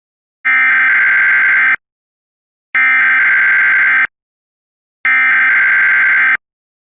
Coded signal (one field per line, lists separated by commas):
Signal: Emergency Alert System (SAME) tones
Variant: header bursts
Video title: EAS Scenario: The Gulf of Mexico Mega Tsunami